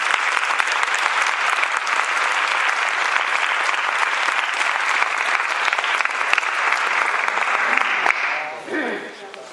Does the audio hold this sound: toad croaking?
no